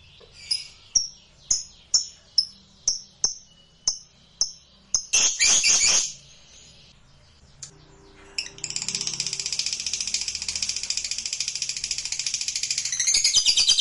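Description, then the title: Lovebird sounds: quick, sharp chirps repeated about twice a second, a brief chatter burst, a pause, then sustained rapid high chattering song. Used to provoke a reluctant lovebird into singing spontaneously. "LOVEBIRD Malas Bunyi JADI GREGET SPONTAN Langsung NARIK"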